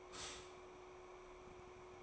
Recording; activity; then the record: daily activity, microphone in the room; stop toaster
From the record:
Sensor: 1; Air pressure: 1004.2 hPa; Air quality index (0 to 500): 201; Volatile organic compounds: 19 ppm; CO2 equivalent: 2657 ppm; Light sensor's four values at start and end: 5/13/4/5 and 5/13/4/5